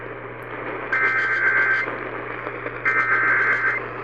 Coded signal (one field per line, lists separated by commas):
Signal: Emergency Alert System (SAME) tones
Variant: header bursts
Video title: Eas Fwd svr on WBAP-AM Eas#1823